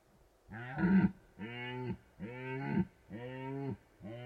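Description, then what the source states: Red deer stag bellowing in a rhythmic series of several short, deep roars. Stags rutting in the Carpathian Mountains, Bucovina, Romania.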